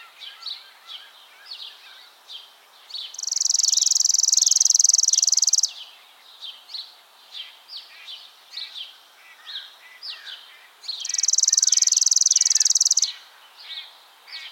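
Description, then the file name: Chipping sparrow singing a dry, rapid, even trill lasting about two seconds, given twice, with many short chirps between. "Spizella passerina - Chipping Sparrow"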